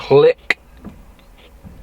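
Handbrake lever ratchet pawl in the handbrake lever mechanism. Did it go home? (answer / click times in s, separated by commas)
no / none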